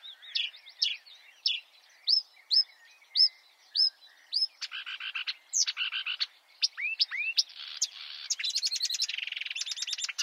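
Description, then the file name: Marsh warbler song: a fast, varied run of rising whistles, chattering trills and buzzy notes, mixing many different phrases with hardly a pause. "suara-kicauan-burung-marsh-warbler -omkicau"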